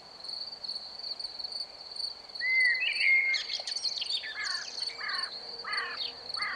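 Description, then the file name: Common Blackbird song: a fluted whistled phrase followed by a run of squeaky twittering notes, over a steady high insect trill. Summer evening, with crickets chirping. "Voegel Amsel Abend Grillen Zirpen Sommerabend"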